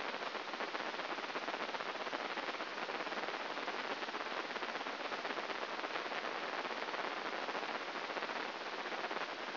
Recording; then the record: brain microelectrode recording played as sound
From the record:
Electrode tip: inside the subthalamic nucleus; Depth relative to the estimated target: 0 mm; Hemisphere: right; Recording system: AlphaMap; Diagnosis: Parkinson's disease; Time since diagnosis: 12 years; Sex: male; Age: 57 years